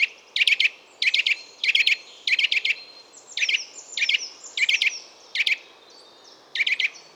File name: Sitta europaea